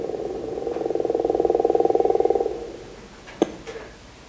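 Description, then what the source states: Gopher frog giving a drawn-out pulsed snore, rapid even pulses swelling then fading, followed by two sharp clicks. Drawn-out, growl-like snore with pulses faster than the crawfish frog's, said to sound like a woodpecker pecking; calls from beneath the water.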